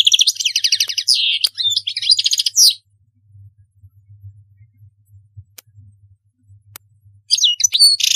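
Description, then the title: Goldfinch singing rapid buzzy, tinkling twitters, then falling silent for several seconds over a faint low hum before a new burst of song starts. "Chant Chardonneret"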